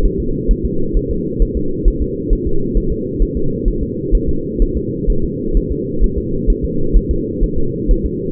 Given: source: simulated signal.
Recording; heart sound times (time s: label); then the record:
fetal heart sounds
0.06 s: S1
0.20 s: S2
0.51 s: S1
0.65 s: S2
0.97 s: S1
1.11 s: S2
1.42 s: S1
1.57 s: S2
1.88 s: S1
2.02 s: S2
2.33 s: S1
2.47 s: S2
2.77 s: S1
2.92 s: S2
3.22 s: S1
3.37 s: S2
3.68 s: S1
3.83 s: S2
4.15 s: S1
4.29 s: S2
4.62 s: S1
4.77 s: S2
5.10 s: S1
5.24 s: S2
5.57 s: S1
5.72 s: S2
6.04 s: S1
6.18 s: S2
6.50 s: S1
6.65 s: S2
6.97 s: S1
7.11 s: S2
7.44 s: S1
7.58 s: S2
7.91 s: S1
8.06 s: S2
From the record:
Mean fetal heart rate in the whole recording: 130 bpm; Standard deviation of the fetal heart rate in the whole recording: 4 bpm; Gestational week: 38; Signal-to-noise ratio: -8.1 dB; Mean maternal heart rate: 72 bpm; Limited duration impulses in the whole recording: present